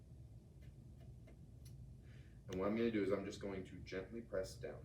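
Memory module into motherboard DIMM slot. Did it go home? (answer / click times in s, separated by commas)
no / none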